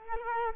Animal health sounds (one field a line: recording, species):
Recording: mosquito wingbeat signal from an infrared sensor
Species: Culex quinquefasciatus